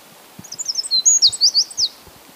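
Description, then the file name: Eurasian wren calling, a quick burst of high, thin slurred notes lasting about a second and a half, with faint low thumps in the background. "Troglodytes troglodytes"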